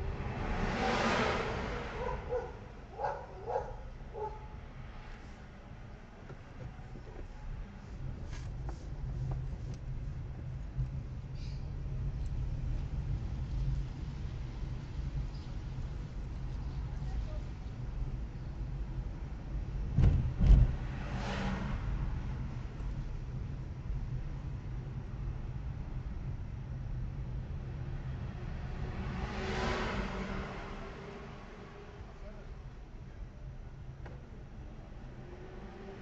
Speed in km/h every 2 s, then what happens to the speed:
10, 5, 7, 4, 12, 17, 21, 22, 22, 22, 22, 21, 21, 15, 13, 4, 6, 6.
0-6 steady at about 5. 6-11 speeds up to 21. 11-24 steady at about 22. 24-30 slows to 4. 30-36 steady at about 6.